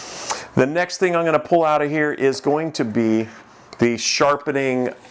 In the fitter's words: it clicks into place and you know you're locked into place